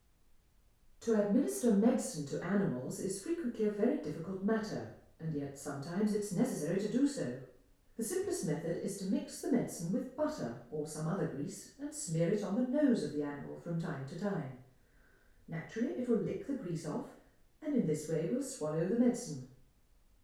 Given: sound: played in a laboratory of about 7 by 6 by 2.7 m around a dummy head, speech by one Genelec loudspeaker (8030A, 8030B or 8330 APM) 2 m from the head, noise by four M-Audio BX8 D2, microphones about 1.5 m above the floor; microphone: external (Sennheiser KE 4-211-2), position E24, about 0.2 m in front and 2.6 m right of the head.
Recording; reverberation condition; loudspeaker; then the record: female speech in English; medium; 150 degrees to the right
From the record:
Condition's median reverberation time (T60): about 510 ms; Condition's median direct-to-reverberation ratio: about -0.5 dB